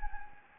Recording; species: mosquito wingbeat signal from an infrared sensor; Anopheles gambiae